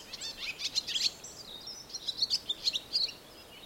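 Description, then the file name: Barn swallow chatter: high squeaky chirps and twitters in two loose bursts separated by a brief pause, with steady low background noise. "Rondine Comune"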